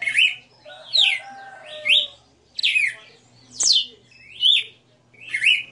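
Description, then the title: Red-cowled cardinal song. Sharp whistled sweeps are repeated, with a lower drawn-out harmonic tone near the start and a light background hum. Female bird singing live; the song is described as a 60-note song. "Canto Galo Campina Fêmea 02. Galo de Campina 60 NOTAS Cantando Ao vivo"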